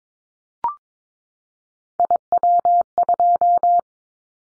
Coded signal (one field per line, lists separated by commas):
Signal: Morse code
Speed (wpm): 22 wpm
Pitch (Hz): 700 Hz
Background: none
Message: IW2